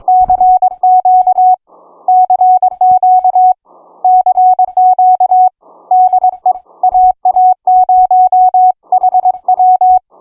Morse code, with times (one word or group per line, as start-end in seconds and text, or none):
0.1-1.5 CQ
2.1-3.5 CQ
4.0-5.5 CQ
5.9-6.5 DE
6.8-10.0 AA0HW